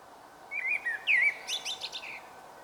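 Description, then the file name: Common blackbird singing one phrase: a low, mellow warbled section slurring up and down, then a scratchy, high twittering flourish at the end. "Turdus merula"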